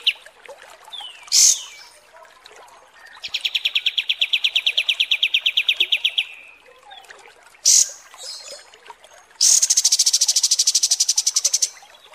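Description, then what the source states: Kapas tembak song: short high bursts alternating with long rapid trills, one mid-pitched and pulsed, one higher and buzzier. Masteran training recording for teaching songbirds.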